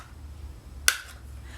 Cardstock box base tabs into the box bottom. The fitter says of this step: and then you're going to bring in these parts these are little tabs that come in and they click right in place